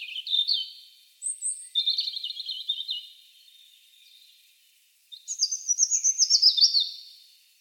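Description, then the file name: European robin song: short, thin, high warbling phrases with quick trills, separated by pauses, the last phrase pitched higher and more rapid. "Koshlar tavyshy - Kura il k chypchygy Erithacus rubecula"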